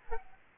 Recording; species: mosquito wingbeat signal from an infrared sensor; Aedes aegypti